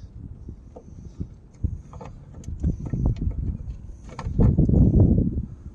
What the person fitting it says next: There it is. Yep, there's the click. That's in.